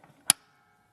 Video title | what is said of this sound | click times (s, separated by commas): HobbyMaker Live | You hear it? It clicks inside. | 0.3 s